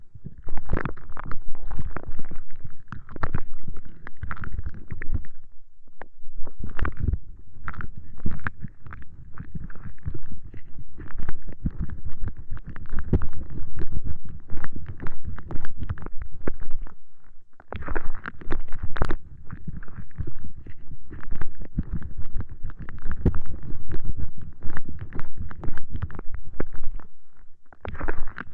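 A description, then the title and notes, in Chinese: Homemade aloe gel is massaged around the ears, giving dense, squishy rubbing and wet sliding sounds that run almost continuously. The rubbing is low and thick, with quick crackly strokes throughout. Brief pauses fall near 6, 17 and 28 seconds. 自制芦荟胶，按摩你的耳朵。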